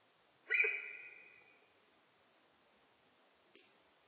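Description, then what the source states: Sika deer gives a single sharp, high whistled call that starts with a burst and trails off over about a second, followed by a faint click. Japanese sika deer (nihonjika) recorded in Japan on 4 November 2006.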